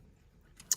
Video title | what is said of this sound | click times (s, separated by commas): Vintage Dinky 1973 Gerry Andersons Thunderbirds N0. 100 DieCast Lady Penelopes Fab1 Pink Rolls Royce | You run that onto it, and you push it all the way back down until it clicks. | 0.7 s